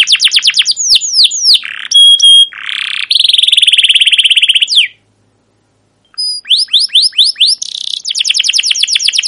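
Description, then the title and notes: Canary song of quick descending chirps, a harsh buzzy roll and a long rattling trill, then a pause before more chirps and fast trills. Captive canary song used as a training lure for young canaries learning sounds; long continuous chirping style called cuit cuit ngerol. "CUIT CUIT NGEROL LANGSUNG GACOR PANJANG Kenari Ini AMPUH Utk Pancingan KENAR. PANCINGAN Kenari GACOR PANJANG Cuit CUIT EMOSI ini AMPUH utk MASTERAN Kenari PAUD belajar BUNYI. burung kenari"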